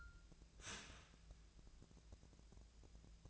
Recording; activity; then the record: daily activity, microphone in the room; start toaster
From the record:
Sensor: 2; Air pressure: 1000.0 hPa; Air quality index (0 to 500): 153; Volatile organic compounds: 2 ppm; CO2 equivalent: 1292 ppm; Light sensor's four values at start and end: 24/61/26/28 and 24/61/26/28